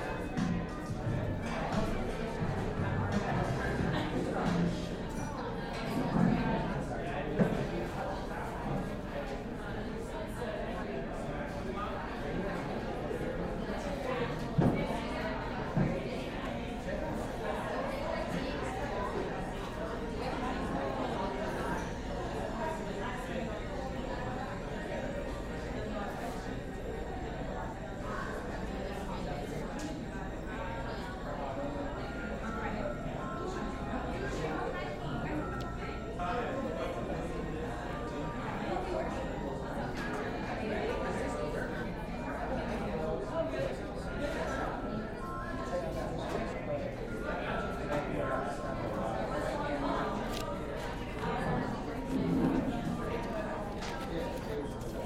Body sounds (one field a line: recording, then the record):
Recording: background sound without coughing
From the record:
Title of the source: 60 minutes of coffee shop sounds for study and concentration